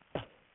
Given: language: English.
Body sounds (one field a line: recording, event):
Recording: throat vibration sensor signal played as sound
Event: cough